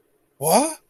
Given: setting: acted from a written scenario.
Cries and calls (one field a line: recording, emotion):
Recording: vocal sound without words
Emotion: negative surprise